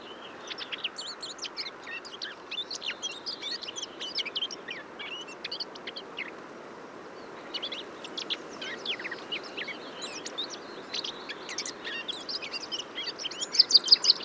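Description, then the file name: Eurasian blackcap song, a long run of quick high warbled and chattering notes with brief louder bursts near the end, over a steady low background hiss. "Sylvia atricapilla"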